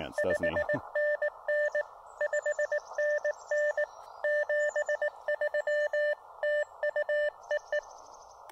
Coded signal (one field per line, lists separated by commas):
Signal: Morse code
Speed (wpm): 19 wpm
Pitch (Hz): 590 Hz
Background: none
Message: 5NN 5NN 73 TU EE